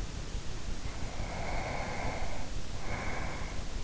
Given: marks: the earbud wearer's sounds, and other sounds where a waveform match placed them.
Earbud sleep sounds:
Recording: sounds in sleep by an in-ear microphone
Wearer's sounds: breath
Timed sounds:
1.14-3.83 s: breath

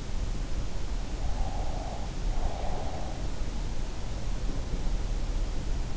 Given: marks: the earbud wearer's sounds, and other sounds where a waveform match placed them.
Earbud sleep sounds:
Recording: sounds in sleep by an in-ear microphone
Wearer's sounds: breath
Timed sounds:
1.28-3.13 s: breath

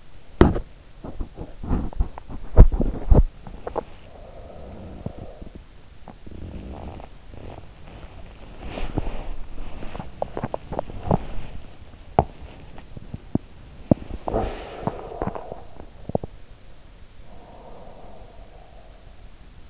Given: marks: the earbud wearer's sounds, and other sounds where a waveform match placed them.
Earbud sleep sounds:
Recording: sounds in sleep by an in-ear microphone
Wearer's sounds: teeth grinding, breath, body movement, talking in sleep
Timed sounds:
0.21-4.24 s: teeth grinding
4.24-5.81 s: breath
5.81-9.75 s: body movement
9.75-14.07 s: teeth grinding
14.07-14.75 s: talking in sleep
14.75-16.55 s: teeth grinding
16.87-19.27 s: breath

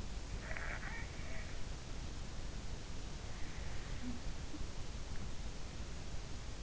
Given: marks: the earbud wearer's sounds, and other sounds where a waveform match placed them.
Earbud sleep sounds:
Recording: sounds in sleep by an in-ear microphone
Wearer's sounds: snoring breath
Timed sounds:
0.32-1.49 s: snoring breath
3.94-4.54 s: sound from someone else or the room

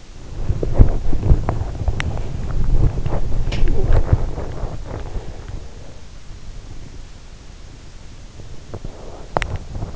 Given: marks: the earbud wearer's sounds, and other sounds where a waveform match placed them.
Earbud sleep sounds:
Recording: sounds in sleep by an in-ear microphone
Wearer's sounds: body movement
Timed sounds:
0.00-5.96 s: body movement
3.40-3.74 s: sound from someone else or the room

